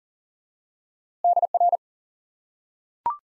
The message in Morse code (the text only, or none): DR